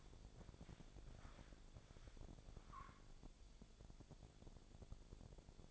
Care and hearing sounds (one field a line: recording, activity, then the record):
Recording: daily activity, microphone in the room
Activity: walk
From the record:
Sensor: 5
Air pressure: 1000.6 hPa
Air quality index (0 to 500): 135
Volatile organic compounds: 2 ppm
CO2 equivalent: 1054 ppm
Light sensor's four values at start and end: 47/109/45/47 and 47/110/45/48